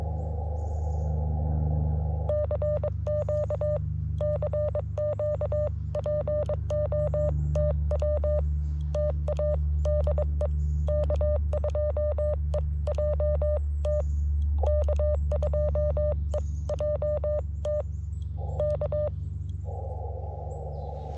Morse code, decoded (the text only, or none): CQ CQ POTW TA DE K2EJT K2EJT K